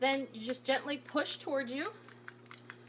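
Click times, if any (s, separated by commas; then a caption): 2.3 s, 2.7 s. A woman talks while gently pushing the handle of a folding kitchen tool toward herself, fingers wrapped around it and thumb up. The locking latch on the handle releases with small, sharp clicks at about 2.3 and 2.7 seconds, and the tool opens.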